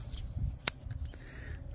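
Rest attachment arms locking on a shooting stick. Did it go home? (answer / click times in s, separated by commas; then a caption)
yes / 0.7 s. Arms of a rifle bench-rest attachment on a Primos Trigger Stick shooting stick are closed down, giving a single sharp, loud snap at 0.7 s over a quiet, low background. The arms lock in place.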